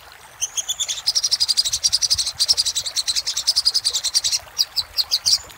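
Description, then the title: Little spiderhunter song: a steady rapid string of high piercing chips that slows into a few spaced notes at the end. Master song for training cage birds. "Masteran Burung Sogok Ontong Labaik"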